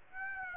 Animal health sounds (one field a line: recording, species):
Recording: mosquito wingbeat signal from an infrared sensor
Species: Aedes aegypti